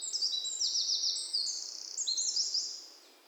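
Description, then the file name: Eurasian wren song: a rapid stream of thin, rippling trills and bright high notes over about three seconds. "Troglodytes troglodytes"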